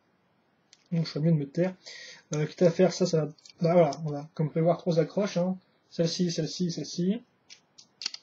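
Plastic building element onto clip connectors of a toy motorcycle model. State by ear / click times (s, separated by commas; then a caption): seated / 8.0 s. A LEGO element is pushed onto the three clip connectors of a snake motorcycle model while someone talks. Near the end, a few short, sharp plastic-on-plastic clicks are heard, with the part seating at about 8.0 seconds.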